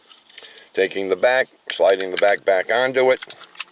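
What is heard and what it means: A plastic back cover is slid onto the dashboard clock module of a 2003–2008 Toyota Corolla during a clock repair, to be snapped into place. Someone talks throughout, with faint handling taps near the start and a sharp tick at the very end. Nothing has seated or clicked yet.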